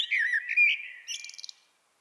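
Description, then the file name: Common blackbird song: a clear fluting warble around mid pitch, followed by a brief rapid twittering flourish at the end, no other sounds. "Turdus merula"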